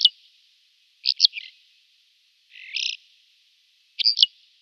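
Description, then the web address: Bar-tailed lark singing short clusters of high, dry chirping notes at irregular intervals, over a faint steady background hiss. "Schulze Peter Bar-tailed Lark song"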